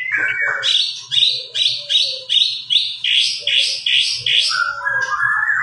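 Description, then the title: White-rumped shama song, a loud phrase repeated roughly twice a second, each a buzzy high note with a slurred tail, ending in lower warbled whistles over a faint hum. Lure recording made to draw a response from the bird; the singer is described as gacor, singing persistently. "PANCINGAN MURAI BATU GACOR"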